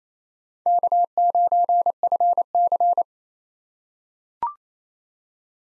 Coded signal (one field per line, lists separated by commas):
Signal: Morse code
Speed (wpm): 27 wpm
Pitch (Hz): 700 Hz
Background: none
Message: K9FC